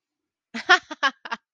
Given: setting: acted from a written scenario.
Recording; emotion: vocal sound without words; amusement